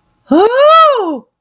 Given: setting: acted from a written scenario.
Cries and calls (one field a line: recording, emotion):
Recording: vocal sound without words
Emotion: ecstasy